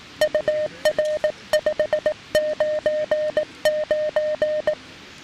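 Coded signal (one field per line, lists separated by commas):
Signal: Morse code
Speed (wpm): 18 wpm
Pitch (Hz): 610 Hz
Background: music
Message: UR599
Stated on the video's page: Weak 5 W CW with an SW-3B transceiver and paddle from a backpacking camp on the 7 and 10 MHz bands, using a lightweight 5 m wire antenna.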